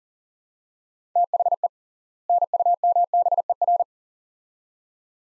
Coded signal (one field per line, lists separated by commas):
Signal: Morse code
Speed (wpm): 40 wpm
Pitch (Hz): 700 Hz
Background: none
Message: THE NUMBER